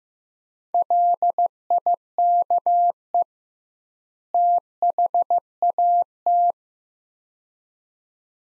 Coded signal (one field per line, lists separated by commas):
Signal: Morse code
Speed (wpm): 15 wpm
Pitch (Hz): 700 Hz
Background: none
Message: LIKE THAT